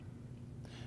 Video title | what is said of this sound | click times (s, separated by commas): PowerView Kirsch Drapery Hardware Kirsch Hardware Setup | You should hear a click. | 0.6 s